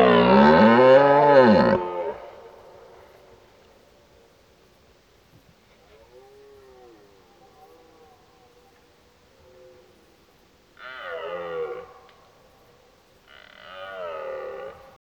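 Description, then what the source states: Red deer giving a loud two-second bellow, then a long hush with faint moaning before two shorter, falling roars near the end. During the rut, while driving the herd.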